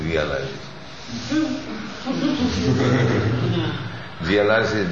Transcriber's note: laughter